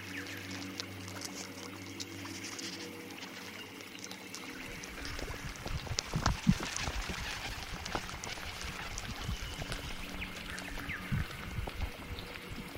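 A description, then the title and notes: An alien forest ambience opens with a steady low droning hum for about four seconds. Then a dense crackling, trickling texture takes over, like pouring or dribbling water, with sharper pops and clicks peaking around six to seven seconds and a brief tonal whine near eleven. Alien forest ASMR ambience. Sci-fi drone ambience.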